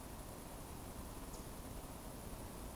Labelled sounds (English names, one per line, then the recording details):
Eurasian Woodcock whistle
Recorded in Baden-Württemberg, Germany, on 25 June 2020 at 20:22 UTC
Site 24578, 122 m above sea level